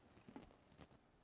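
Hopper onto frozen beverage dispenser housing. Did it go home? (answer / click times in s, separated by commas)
no / none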